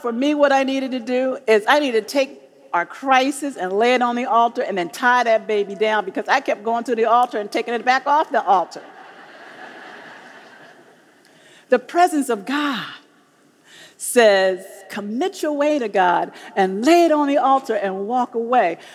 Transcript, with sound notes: For me, what I needed to do was I needed to take our crisis and lay it on the altar and then tie that baby down because I kept going to the altar and taking it back off the altar. (laughter) The presence of God says, “Commit your way to God and lay it on the altar and walk away.”